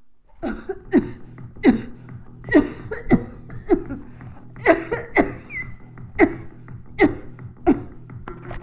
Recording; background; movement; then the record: voluntary coughing; music; sitting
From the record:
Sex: female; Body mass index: 21.8 kg/m2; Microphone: on the chest, facing the body